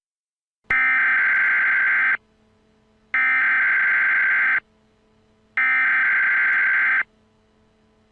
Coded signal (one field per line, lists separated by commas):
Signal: Emergency Alert System (SAME) tones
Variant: header bursts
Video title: DEATHNOTE - EAS Analog Horror